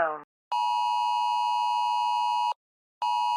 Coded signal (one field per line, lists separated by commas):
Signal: Emergency Alert System (SAME) tones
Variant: 853 and 960 Hz attention tone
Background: speech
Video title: (An EAS Scenario) How the BBC announced the death of King Charles III